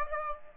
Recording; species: mosquito wingbeat signal from an infrared sensor; Aedes aegypti